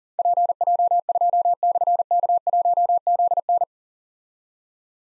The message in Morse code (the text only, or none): PJ2/K1ZN